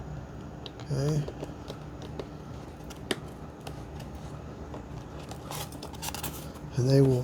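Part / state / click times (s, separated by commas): wing locking teeth into RC airplane fuselage / not seated / none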